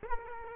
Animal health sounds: mosquito wingbeat signal from an infrared sensor; Culex quinquefasciatus

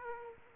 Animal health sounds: mosquito wingbeat signal from an infrared sensor; Aedes aegypti

